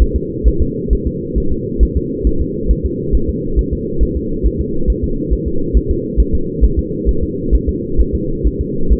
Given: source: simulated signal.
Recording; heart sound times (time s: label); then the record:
fetal heart sounds
0.02 s: S1
0.16 s: S2
0.48 s: S1
0.62 s: S2
0.93 s: S1
1.07 s: S2
1.38 s: S1
1.52 s: S2
1.83 s: S1
1.97 s: S2
2.27 s: S1
2.41 s: S2
2.71 s: S1
2.86 s: S2
3.15 s: S1
3.30 s: S2
3.59 s: S1
3.73 s: S2
4.03 s: S1
4.17 s: S2
4.46 s: S1
4.61 s: S2
4.90 s: S1
5.04 s: S2
5.33 s: S1
5.48 s: S2
5.77 s: S1
5.91 s: S2
6.20 s: S1
6.35 s: S2
6.64 s: S1
6.79 s: S2
7.09 s: S1
7.23 s: S2
7.55 s: S1
7.69 s: S2
8.01 s: S1
8.15 s: S2
8.47 s: S1
8.61 s: S2
8.93 s: S1
From the record:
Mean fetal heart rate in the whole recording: 135 bpm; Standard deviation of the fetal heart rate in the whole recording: 3 bpm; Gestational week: 34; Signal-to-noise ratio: -8.1 dB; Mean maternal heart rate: 72 bpm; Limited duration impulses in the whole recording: absent